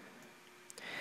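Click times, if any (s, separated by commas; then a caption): 0.7 s, 0.8 s. A small sliding plastic cover over the micro USB port on top of a Samsung Focus phone is slid closed and snaps into place. Two short, sharp clicks are heard at 0.7 and 0.8 seconds over a low background hiss. The cover is seated shut.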